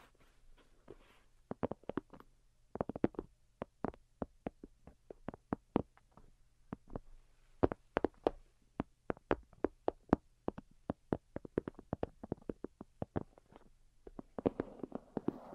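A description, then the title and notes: Delicate tapping plays as a steady stream of short, crisp taps, sometimes single, sometimes in quick clusters of two or three, roughly several per second. A soft low hum runs underneath throughout, and faint rustling swells appear near the start and around the final seconds. Most Delicate and Calming Tapping. (No Talking).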